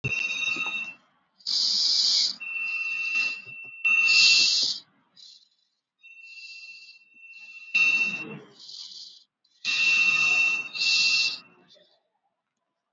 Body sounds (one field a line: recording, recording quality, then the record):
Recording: deep breathing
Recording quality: excellent, no background noise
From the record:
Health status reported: COVID-19 positive, moderate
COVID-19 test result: positive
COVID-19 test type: RT-PCR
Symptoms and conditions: sore throat, muscle pain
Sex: female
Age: 34 years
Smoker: no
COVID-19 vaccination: one dose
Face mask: worn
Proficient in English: yes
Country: India